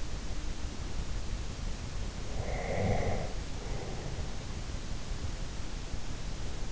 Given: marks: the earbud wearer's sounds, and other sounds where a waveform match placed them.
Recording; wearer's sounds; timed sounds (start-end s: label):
sounds in sleep by an in-ear microphone; snoring breath
2.39-4.31 s: snoring breath